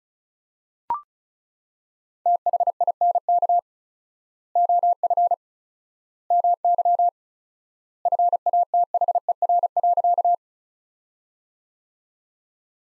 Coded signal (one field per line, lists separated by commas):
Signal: Morse code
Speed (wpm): 34 wpm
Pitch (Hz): 700 Hz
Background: none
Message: THINK OF MY FATHER.